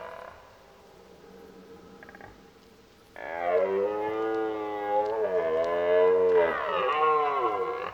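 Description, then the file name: Red deer roaring: near silence for three seconds, then a sudden long, hoarse, wavering bellow that holds for nearly five seconds. During the rut, while driving the herd. "Burlen 04 drijven"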